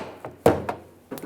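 A plastic trim piece is lined up and pressed by hand into the liftgate of a 2010–2017 Chevrolet Equinox during a park assist camera replacement, after the harness grommet has been seated. A faint tap at 0.3 s leads into a loud, solid thunk at 0.5 s, followed by a softer knock at 0.7 s and light ticks near 1.2 s. The trim piece is seated at 0.5 s.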